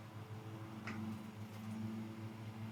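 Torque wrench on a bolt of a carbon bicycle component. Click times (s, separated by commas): 0.9 s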